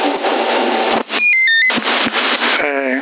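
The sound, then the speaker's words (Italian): The built-in beep of an Intec RB4 CB radio transceiver, a model no longer made: a short sequence of clear electronic tones stepping in pitch, set against loud radio hiss and static, with a burst of garbled transmission at the end. “No, questo BIP non lo posso togliere da questo apparecchio, è inserito all'interno del baracchino, è un RB4 della Intec che adesso non lo fabbricano più”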